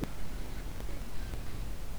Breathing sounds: one breath near a microphone; inhalation

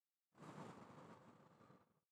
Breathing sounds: one breath near a microphone; exhalation

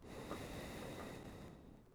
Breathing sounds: one breath near a microphone; exhalation

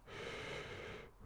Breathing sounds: one breath near a microphone; inhalation

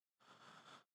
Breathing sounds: one breath near a microphone; inhalation

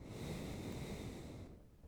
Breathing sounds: one breath near a microphone; exhalation

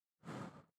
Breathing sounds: one breath near a microphone; exhalation

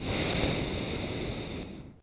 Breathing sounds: one breath near a microphone; exhalation

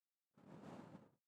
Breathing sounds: one breath near a microphone; exhalation

